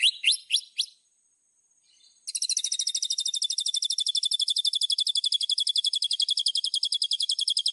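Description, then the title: Streaked Spiderhunter song: a few sharp sweeping notes, a short pause, then a long rapid run of high, evenly spaced chips. Tutoring recording for training songbirds; song described as vigorous, clear and long. "Pijantung Gunung Gacor Jernih Panjang"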